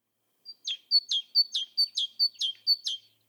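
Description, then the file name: Great tit song: a steady run of about six high-low two-note phrases, each a thin bright note followed by a lower slurred one, evenly paced. "Parus major"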